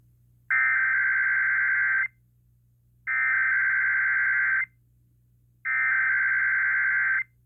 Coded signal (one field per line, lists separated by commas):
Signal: Emergency Alert System (SAME) tones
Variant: header bursts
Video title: (EAS #497) Required weekly test on KDKA-AM 11/27/2022